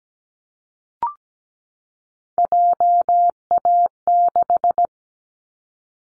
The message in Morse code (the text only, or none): JA6